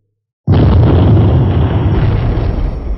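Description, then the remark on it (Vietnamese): After a moment of silence, a sudden loud explosion bursts out and rolls on as a deep, continuous rumble that barely fades over the next few seconds, echoing through a mountain valley as the ground splits open. “Tiếng nổ không ngừng vang vọng sơn cốc, mặt đất lập tức nứt ra từ chỗ hai tay của Hàn Lập, hơn nữa còn không ngừng lan ra xung quanh.”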